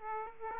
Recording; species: mosquito wingbeat signal from an infrared sensor; Aedes aegypti